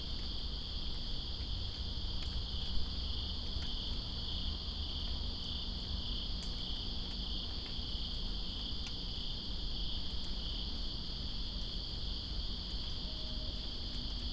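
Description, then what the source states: A dense cricket chorus trills without pause at a high pitch, while rain hisses steadily beneath and scattered drips tick through. Crickets recorded in rain, Greensboro, 2 September 2017.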